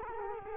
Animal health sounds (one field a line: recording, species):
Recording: mosquito wingbeat signal from an infrared sensor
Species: Culex quinquefasciatus